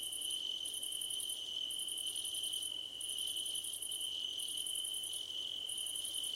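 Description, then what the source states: Crickets give regular bursts of rapid high chirps separated by brief pauses, with a steady high-pitched whine running beneath throughout. Crickets at night under a starlit sky; nighttime ambience.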